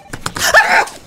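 A few quick catching breaths, then one explosive noisy burst: a single acted sneeze by an adult in a radio commercial skit.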